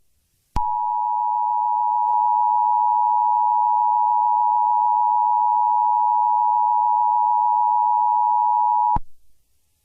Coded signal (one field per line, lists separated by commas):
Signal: Emergency Alert System (SAME) tones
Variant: 853 and 960 Hz attention tone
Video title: EAS Mock: Tom is Extremely Angry with You [Explicit]